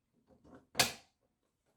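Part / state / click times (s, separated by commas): monitor stand neck into monitor rear mount / seated / 0.8 s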